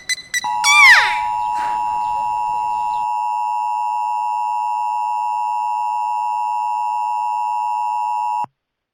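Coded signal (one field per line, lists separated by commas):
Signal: Emergency Alert System (SAME) tones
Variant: 853 and 960 Hz attention tone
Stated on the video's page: Fictional EAS scenario, not a real alert.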